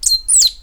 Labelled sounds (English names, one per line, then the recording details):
Stitchbird song
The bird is a male
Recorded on Tiritiri Matangi Island, New Zealand, in 2005
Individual 10, of nest box 12